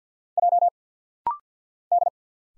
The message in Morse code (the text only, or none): J D